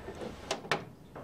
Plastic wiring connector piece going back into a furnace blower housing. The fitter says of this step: you're ready to snap this piece back in